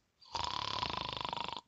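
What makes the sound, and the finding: Adult woman imitating a snore. Snoring (imitated).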